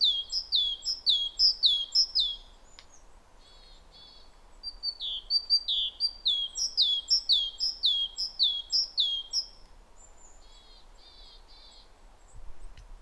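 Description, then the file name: Great tit singing rapid two-note phrases in two long strings, separated and followed by softer buzzy chattering notes. "Parus major"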